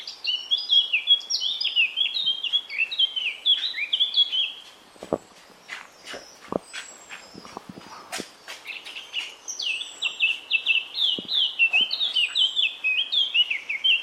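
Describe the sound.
Eurasian Blackcap song: long, fast runs of high, slurred, zigzagging notes repeated in chattering series, with a pause midway filled by scattered clicks.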